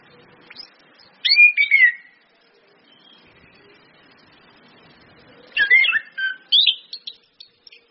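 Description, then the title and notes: Orange-headed thrush delivering two bursts of fluty, slurred whistles with rapid twittering notes, separated by a quiet gap. Indonesian training lure ('pancingan') of clear 'ngeplong' song with female whistles ('suitan betina'), meant to make birds sing eagerly ('gacor'). "PANCINGAN anis kembang ngeplong dan SUITAN BETINA. Masteran Anis Kembang"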